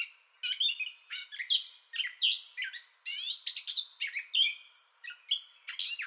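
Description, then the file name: Gray catbird song, a rapid, disjointed stream of squeaks, slurred whistles and harsh chatters with barely any gaps between phrases. Entire song bout, 30 May 2021. "2021-05-30 Gray Catbird Entire Song Bout"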